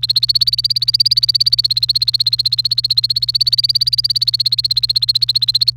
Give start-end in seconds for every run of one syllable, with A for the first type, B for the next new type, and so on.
0.00-5.70 A